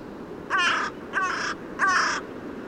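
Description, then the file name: Carrion crow cawing: three harsh, raspy, evenly spaced caws over a quiet background. "Corvus corone"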